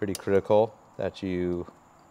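While fitting an Arrow exhaust system to a 2023 Vespa GTS 300 HPE2 Euro5, the oxygen sensor connector is handled and routed toward the green plastic holder tab on the frame, underneath the fuel line. Someone talks throughout over faint handling noise. Nothing has seated or clicked yet.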